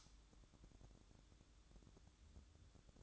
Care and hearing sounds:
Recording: daily activity, microphone in the room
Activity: light on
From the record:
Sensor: 3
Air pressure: 1007.9 hPa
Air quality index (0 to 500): 91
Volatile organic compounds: 1 ppm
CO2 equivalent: 770 ppm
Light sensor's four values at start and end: 11/27/11/11 and 17/47/19/18

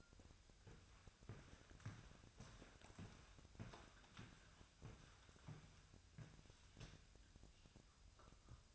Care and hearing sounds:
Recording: daily activity, microphone in the room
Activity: walk to room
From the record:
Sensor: 2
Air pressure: 999.3 hPa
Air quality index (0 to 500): 193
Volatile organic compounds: 26 ppm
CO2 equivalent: 2853 ppm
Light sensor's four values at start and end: 7/17/7/7 and 7/16/7/7

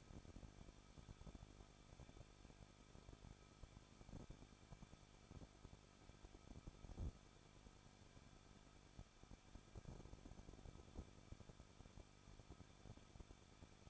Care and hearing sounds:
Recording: daily activity, microphone in the room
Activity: no activity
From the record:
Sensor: 5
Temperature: 20.8 degrees Celsius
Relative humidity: 38.2%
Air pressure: 1006.5 hPa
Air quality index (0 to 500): 186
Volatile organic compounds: 18 ppm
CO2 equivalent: 2611 ppm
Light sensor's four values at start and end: 2/3/1/1 and 2/3/1/1

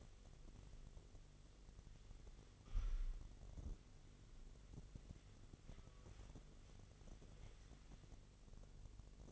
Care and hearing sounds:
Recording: daily activity, microphone in the room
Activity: wipe stove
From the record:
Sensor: 4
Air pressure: 1004.1 hPa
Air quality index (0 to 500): 157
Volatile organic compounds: 2 ppm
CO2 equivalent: 1118 ppm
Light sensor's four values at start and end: 13/31/13/14 and 13/31/13/13

